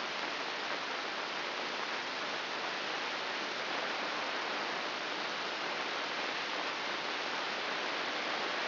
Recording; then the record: brain microelectrode recording played as sound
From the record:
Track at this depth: inside the subthalamic nucleus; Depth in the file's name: 4.801 mm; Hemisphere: right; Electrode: 2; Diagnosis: Parkinson's disease